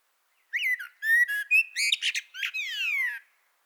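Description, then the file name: Common blackbird song phrase: mellow warbled whistles that rise and fall, then squeaky twittering notes and a long descending whistle at the end. "Turdus merula"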